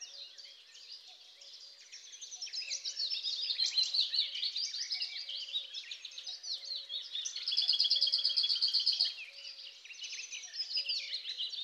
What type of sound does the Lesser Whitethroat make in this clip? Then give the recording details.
song. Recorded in the wild. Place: Flögelner See, Schleswig-Holstein, DE. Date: 1999-05-11. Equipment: MiniDisc Sony MZ-R35, Telinga DAT, Telinga-Parabolspiegel. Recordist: Schwarz, Dieter